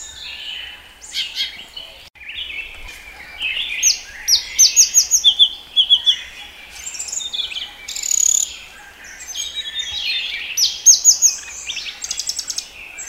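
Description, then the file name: Blue-throated flycatcher song: long stretch of varied high warbled phrases, clusters of fast rising notes and thin trills repeating every few seconds, with faint background hiss. "sikatan blue throated omkicau"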